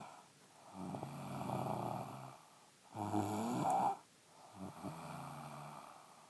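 Three snoring breaths come over about six seconds, each a rough, low, rattling sound lasting one to two seconds, with short quiet gaps between. The pattern is ordinary snoring from an adult woman.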